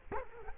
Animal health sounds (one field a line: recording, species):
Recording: mosquito wingbeat signal from an infrared sensor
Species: Culex quinquefasciatus